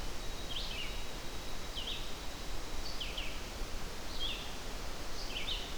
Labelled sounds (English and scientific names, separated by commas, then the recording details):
Red-eyed Vireo (Vireo olivaceus) song
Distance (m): 45 m
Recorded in boreal forest in Alberta, Canada, on 12 June 2016 at 06:37
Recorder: SongMeter 3, array SBT-3-18
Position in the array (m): 238 m, 99 m